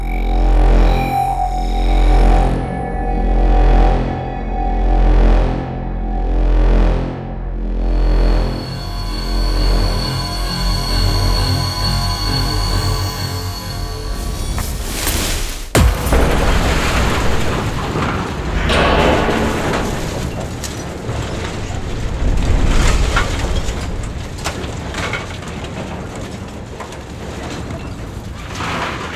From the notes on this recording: Cinematic hits, dark soundscapes, energetic sound effects, rises, industrial background sounds, transitions